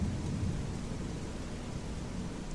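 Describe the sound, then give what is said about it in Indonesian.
Steady rain hisses without pause outside at 10 p.m., layered over a deep, continuous rumble of thunder that fills the low end for the whole stretch. No voices are heard. “Di luar masih hujan.”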